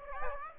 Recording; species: mosquito wingbeat signal from an infrared sensor; Aedes aegypti